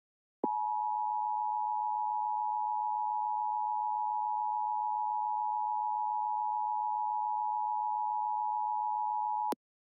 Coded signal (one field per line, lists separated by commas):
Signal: Emergency Alert System (SAME) tones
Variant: 853 and 960 Hz attention tone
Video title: EAS MOCK - Prank that caused the EAS to activate for the United States